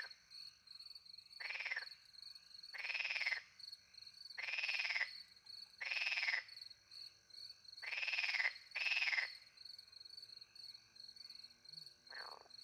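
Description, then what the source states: Frog croaks, grating pulsed bursts in an uneven series, two close together, with crickets droning continuously. Frogs with crickets at night in countryside beside a little pond, France; microphones hidden in a tree close to the pond; two Usi Pro microphones into a MixPre 10 II recorder.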